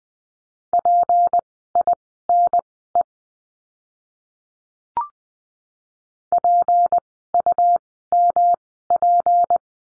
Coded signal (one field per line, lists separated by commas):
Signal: Morse code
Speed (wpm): 20 wpm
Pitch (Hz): 700 Hz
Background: none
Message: PINE PUMP